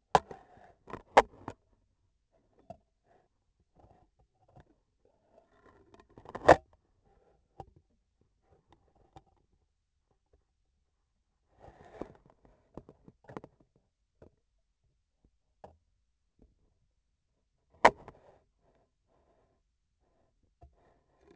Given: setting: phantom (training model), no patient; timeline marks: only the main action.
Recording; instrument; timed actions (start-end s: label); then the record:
laparoscopic instrument, vibration sensor on the handle end; scissors
6.03-6.69 s: cutting thread
From the record:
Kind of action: gesture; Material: cotton thread